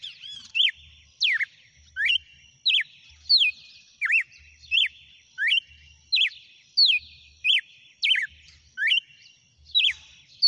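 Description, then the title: Red-cowled cardinal song: a short slurred downward whistle repeated about every 0.7 seconds. Female red-cowled cardinal, described as singing and 'batendo fogo'. "Canto Galo Campina Fêmea. GALO DE CAMPINA CANTANDO e BATENDO FOGO?"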